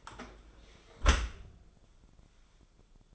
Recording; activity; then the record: daily activity, microphone in the room; close dishwasher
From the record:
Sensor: 5